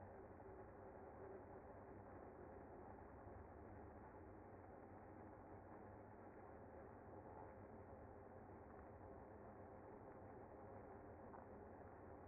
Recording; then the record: honeybee colony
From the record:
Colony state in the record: active